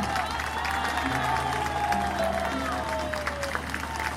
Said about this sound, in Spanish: Valparaíso le entrega este aplauso a estos grandes de la música chilena